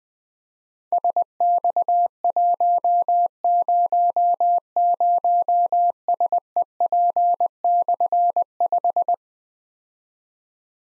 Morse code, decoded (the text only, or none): SX100SEP/5